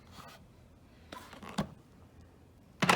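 The plastic motor unit of a Rainbow E2 Black (Type 12) canister vacuum is handled as it is set back onto the water basin, which it is meant to latch onto rather than friction-fit like older models. Faint rustling gives way to light plastic knocks around 1.1 s and 1.6 s, then a louder burst of contact noise at 2.8–2.9 s. Nothing has latched or seated yet when the clip ends.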